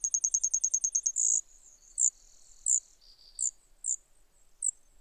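Brewer's sparrow song: a fast, high, even trill, then a brief buzz, followed by several sharp, isolated high chips.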